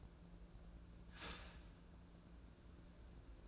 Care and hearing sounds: daily activity, microphone in the room; start toaster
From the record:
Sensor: 2

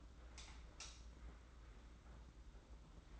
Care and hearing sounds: daily activity, microphone in the room; light on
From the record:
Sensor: 3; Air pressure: 991.9 hPa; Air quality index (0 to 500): 221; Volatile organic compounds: 1000 ppm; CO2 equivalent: 7580 ppm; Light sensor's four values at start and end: 16/39/15/14 and 23/60/24/21

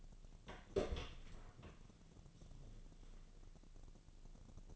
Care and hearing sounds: daily activity, microphone in the room; open door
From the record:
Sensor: 4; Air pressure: 1001.2 hPa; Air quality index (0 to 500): 183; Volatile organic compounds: 2 ppm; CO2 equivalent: 1311 ppm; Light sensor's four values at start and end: 16/38/15/16 and 15/34/14/14

